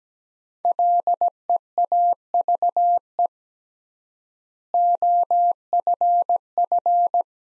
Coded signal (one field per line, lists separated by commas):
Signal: Morse code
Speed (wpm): 17 wpm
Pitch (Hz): 700 Hz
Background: none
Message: LEAVE OFF